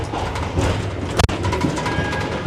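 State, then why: Seated. A door lock on a toilet door of the Taksaka Luxury New Generation train is engaged after someone enters and locks the door behind him. Over steady train rumble, a sharp metallic click is heard at 1.2 s as the lock seats, and another brief knock follows near the end. The lock is fully engaged.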